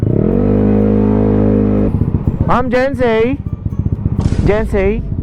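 A motorcycle taxi rider handles a passenger's helmet chin strap buckle near its receiver while a motorcycle engine hums steadily and people talk over it. Nothing has seated or clicked yet; the clip ends just before the buckle goes home.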